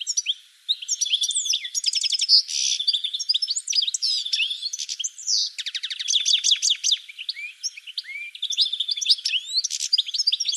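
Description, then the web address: Bird chattering with quick varied chirps and whistled notes, broken by a rapid rattling run midway, then more scattered high tweets. "cianscape birddata"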